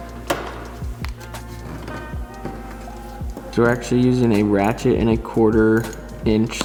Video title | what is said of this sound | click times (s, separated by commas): 2008-2017 Audi B8/8.5 A5 Speaker Replacement (RS Acoustics) | now this piece just snaps back in | 0.3 s, 1.0 s